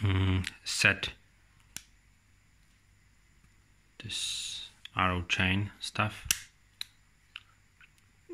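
Someone talks while turning the code-setting mechanism of a Decathlon B'Twin combination bike chain lock clockwise toward the arrow. Two sharp clicks from the plastic and metal lock body come at 6.8 s and 7.4 s as the mechanism seats into its code-setting position.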